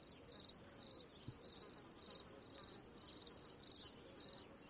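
Cricket calling with sharp, high pulsed chirps, evenly repeated about twice a second.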